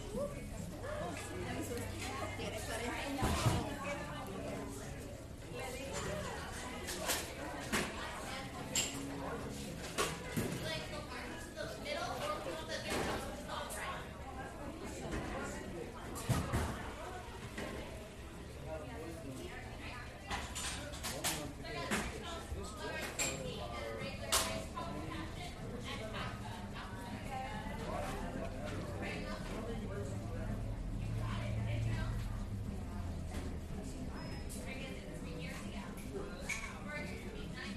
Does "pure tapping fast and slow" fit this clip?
no